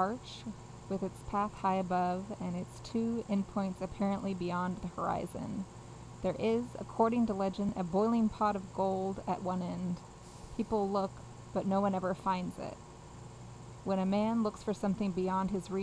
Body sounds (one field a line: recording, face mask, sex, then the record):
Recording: reading aloud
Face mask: surgical mask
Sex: female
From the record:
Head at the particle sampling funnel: facing it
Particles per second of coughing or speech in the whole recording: 0.0679